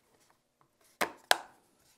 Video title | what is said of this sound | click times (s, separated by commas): Creality "Hi Combo" Unboxing & Assembly - EVERY-SINGLE-STEP : Multicolor 3D Printer | Kind of slide it up like this so you don't see the clips and it'll snap into place. | 1.3 s